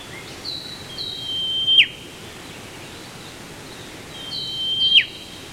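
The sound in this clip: Whipbird calls twice, about three seconds apart. Each is a drawn-out high whistle growing louder and snapping off in a crisp descending crack.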